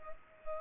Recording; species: mosquito wingbeat signal from an infrared sensor; Culex pipiens